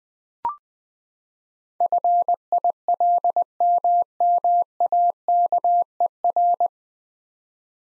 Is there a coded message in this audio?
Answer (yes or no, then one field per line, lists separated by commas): yes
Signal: Morse code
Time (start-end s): 1.8-6.7 s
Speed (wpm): 20 wpm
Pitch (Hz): 700 Hz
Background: none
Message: FILMMAKER